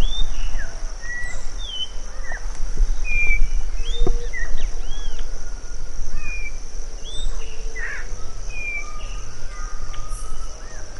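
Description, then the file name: Birds calling: many short whistled chirps and slurred notes, some rising, some falling, from several birds, over a steady low hum. "SABIOD 50 bird 2015"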